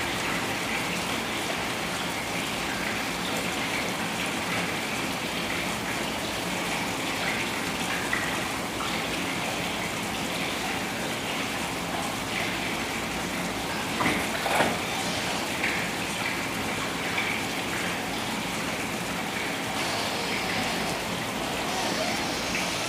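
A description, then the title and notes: Rain falls steadily on a balcony in the city, a dense, even hiss with patter mixed in. A few louder drops or knocks stand out around the fourteenth second. A faint low rumble, likely traffic, sits underneath throughout. White Noise of City Rain. Rain on a balcony in the City. Listen to the relaxing ambience of rain on balcony in a cityscape.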